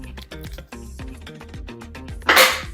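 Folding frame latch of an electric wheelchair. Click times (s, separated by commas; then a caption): 2.3 s. Background music plays as the seat back of a Glide Care G-6R reclining folding electric wheelchair is pulled up and the seat pressed down to unfold the frame. A loud click stands out above the music at 2.3 s as the metal folding frame latch locks and the wheelchair is fully unfolded.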